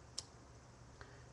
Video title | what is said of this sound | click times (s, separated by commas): the crimper | So first click, second, see if it gets any tighter, see | 0.2 s